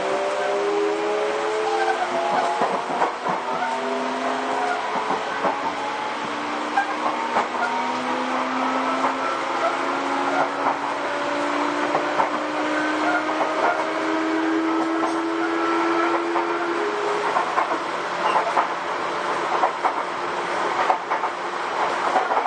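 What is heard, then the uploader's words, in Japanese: A Sotetsu New 7000 series train runs between Ebina and Yokohama, its steady rumble carrying a layered motor whine whose tones slowly glide and shift. Light clicks and knocks from the rails come through at irregular intervals, and the level stays even. 相鉄新7000系 海老名〜横浜。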